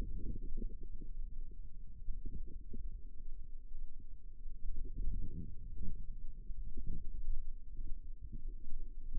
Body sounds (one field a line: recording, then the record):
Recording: forearm muscle sounds (acoustic myography)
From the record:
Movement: ulnar deviation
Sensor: system 2, bracelet of six BSWA MPA416 microphones around the upper forearm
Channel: 3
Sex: female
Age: 22 years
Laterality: right